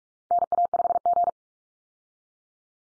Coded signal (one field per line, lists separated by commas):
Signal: Morse code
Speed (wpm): 44 wpm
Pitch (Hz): 700 Hz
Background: none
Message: NA5G